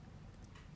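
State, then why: Seated. A thumb placed on the grip pushes the plastic cover of a disc-type dry powder inhaler open along its groove, with a faint tick at 0.3 s and a sharper click at 0.4 s as it opens fully. A softer tap follows just after.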